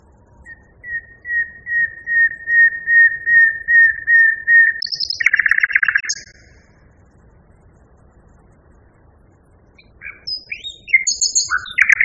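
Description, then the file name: Common nightingale song opening with a long series of pure whistles that grow louder, then hold steady, then a harsh rattle; after a pause, a varied twittering phrase starts. Song variation. "kicauan nightingale b variasi. omkicau"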